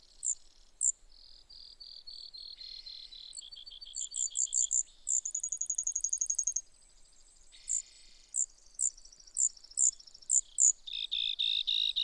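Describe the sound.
Brewer's sparrow, continuous song mixing lower buzzy trills, spaced high chips and a quick rattling series, shifting rhythm every second or two.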